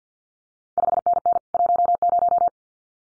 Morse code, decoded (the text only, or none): 5NN 10